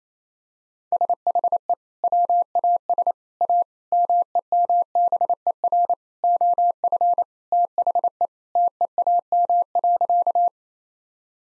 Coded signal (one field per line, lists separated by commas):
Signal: Morse code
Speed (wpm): 28 wpm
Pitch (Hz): 700 Hz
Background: none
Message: SHE WAS A MEMBER OF THE TEAM.